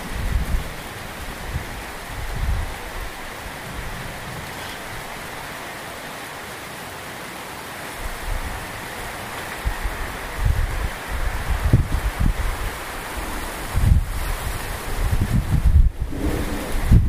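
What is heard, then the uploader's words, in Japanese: Rain falls as a steady, dense hiss through the whole recording, with a faint, thin insect drone high above it. Low, buffeting wind rumbles come in bursts near the start and grow more frequent after ten seconds, strongest around fourteen and sixteen seconds. 雨ムシセミ無音。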